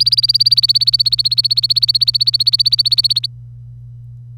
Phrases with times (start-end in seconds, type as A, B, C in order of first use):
0.00-3.26 A